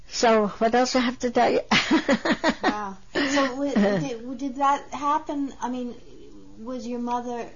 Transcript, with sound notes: So what else I have to tell you (she laughs)
Did that happen, I mean, was your mother